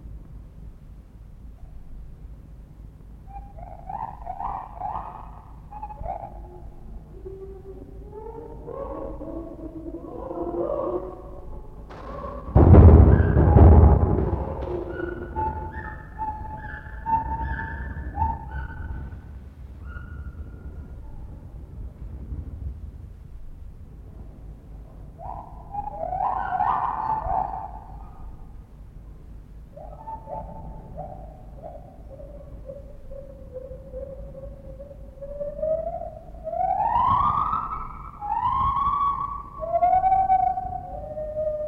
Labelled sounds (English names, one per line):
Lar Gibbon